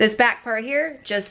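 Someone talks while handling the back part of a small plastic vent-clip air freshener, which is about to be pressed into its housing to activate it. Nothing has seated or clicked yet.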